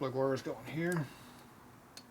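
Someone talks while handling a spark plug wire boot to push onto the spark plug terminal of a rebuilt 1979 93ci Harley FL FX shovelhead engine. Only a faint tick is heard near 2.0 s. The boot has not seated or clicked yet.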